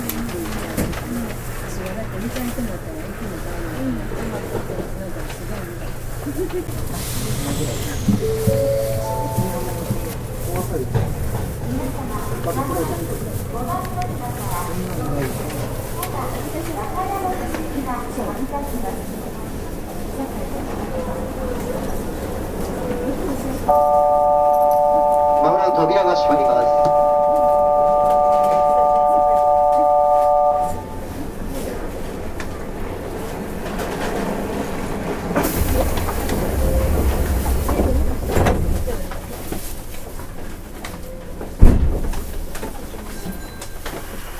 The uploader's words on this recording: 南海電気鉄道 7100系電車の走行音です。 南海線の特急サザンにて収録しました。 区間は、難波から堺までです。 Running noise of the Nankai Railway 7100 series train.